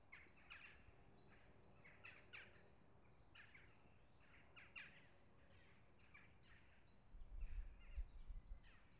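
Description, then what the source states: Several birds calling: short, high chirps and brief twittering scattered throughout, with a low rumbling noise near the end. A bunch of birds together.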